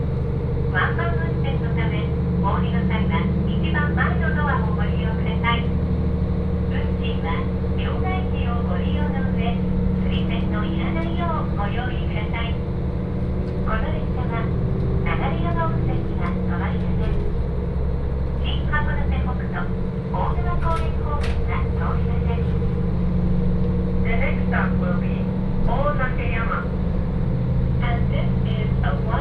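A train ride on the Hakodate Main Line from Hakodate toward Ikedaen, with a steady low rumble of the running train underneath the whole time. Voices talk almost continuously over it, and a couple of sharp high clicks come around twenty-one seconds.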